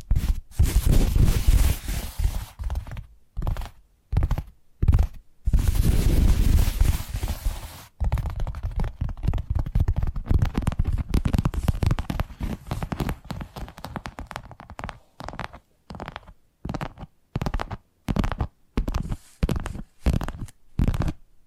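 Tapping sounds in dense, rough bursts that thin into shorter, evenly spaced taps after about eight seconds, with brief silences between them.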